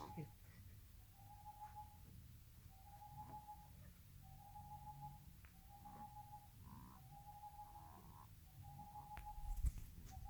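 Bird calling with short, rapid trilled bursts on one steady mid pitch, repeated about every one and a half seconds over a low rumbling background.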